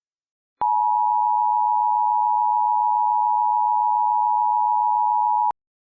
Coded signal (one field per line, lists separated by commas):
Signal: Emergency Alert System (SAME) tones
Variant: 853 and 960 Hz attention tone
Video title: EAS Scenario: The Commander